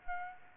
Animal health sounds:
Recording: mosquito wingbeat signal from an infrared sensor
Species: Aedes aegypti

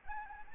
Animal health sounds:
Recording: mosquito wingbeat signal from an infrared sensor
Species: Anopheles arabiensis

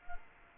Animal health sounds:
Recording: mosquito wingbeat signal from an infrared sensor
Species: Culex quinquefasciatus

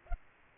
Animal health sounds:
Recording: mosquito wingbeat signal from an infrared sensor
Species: Aedes aegypti

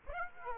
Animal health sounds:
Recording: mosquito wingbeat signal from an infrared sensor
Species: Aedes aegypti

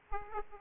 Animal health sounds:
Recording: mosquito wingbeat signal from an infrared sensor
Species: Aedes aegypti

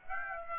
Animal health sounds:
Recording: mosquito wingbeat signal from an infrared sensor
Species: Aedes aegypti

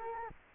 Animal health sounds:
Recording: mosquito wingbeat signal from an infrared sensor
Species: Culex quinquefasciatus

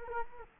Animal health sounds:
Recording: mosquito wingbeat signal from an infrared sensor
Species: Culex quinquefasciatus

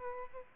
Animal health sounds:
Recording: mosquito wingbeat signal from an infrared sensor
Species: Aedes albopictus

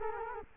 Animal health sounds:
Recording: mosquito wingbeat signal from an infrared sensor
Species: Culex quinquefasciatus

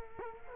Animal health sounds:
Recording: mosquito wingbeat signal from an infrared sensor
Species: Culex quinquefasciatus

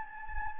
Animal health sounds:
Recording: mosquito wingbeat signal from an infrared sensor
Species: Anopheles gambiae

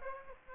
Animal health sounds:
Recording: mosquito wingbeat signal from an infrared sensor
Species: Aedes aegypti

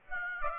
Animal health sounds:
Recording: mosquito wingbeat signal from an infrared sensor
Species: Aedes aegypti

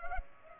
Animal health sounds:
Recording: mosquito wingbeat signal from an infrared sensor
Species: Culex pipiens

